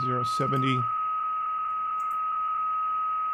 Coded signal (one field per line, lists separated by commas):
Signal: PSK31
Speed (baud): 31.25 baud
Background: speech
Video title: Skywave Linux v4.4.0-GNOME | Shortwave Radio in Your PC | WebSDR and KiwiSDR Radio Streaming